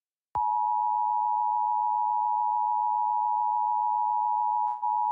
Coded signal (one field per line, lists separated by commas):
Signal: Emergency Alert System (SAME) tones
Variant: 853 and 960 Hz attention tone